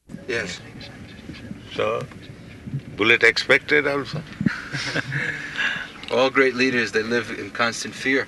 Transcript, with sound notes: Yes.
So bullet expected also? [laughs]
All great leaders, they live in constant fear.